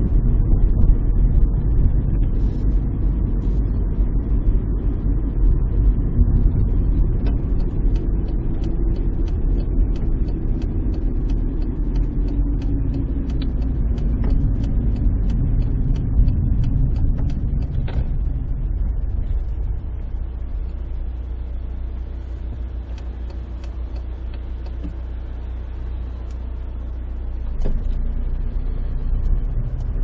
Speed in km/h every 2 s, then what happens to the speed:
38, 38, 38, 37, 35, 32, 27, 25, 16, 5, 0, 0, 0, 0, 10.
0-6 steady at about 38. 6-19 slows to 0. 19-26 standing. 26-30 pulls away to 10.